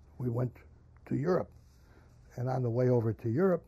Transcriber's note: none